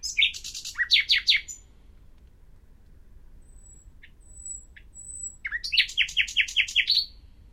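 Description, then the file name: Common nightingale song: rapid chirping trills, a pause with thin high whistles and faint clicks, then another fast run of repeated notes. "Luscinia megarhynchos"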